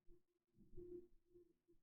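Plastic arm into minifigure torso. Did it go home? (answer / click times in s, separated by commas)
no / none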